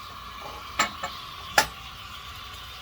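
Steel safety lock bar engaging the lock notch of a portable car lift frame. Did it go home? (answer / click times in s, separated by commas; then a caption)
no / none. A QuickJack 7000TL portable car lift, raised again, is lowered back onto its steel safety lock bar against the lock notch in the frame. Two sharp metallic clanks ring out at about 0.8 and 1.6 seconds, with a faint tap just after the first, over a steady background hiss. The safety lock still has not caught, and the lift does not lock into place.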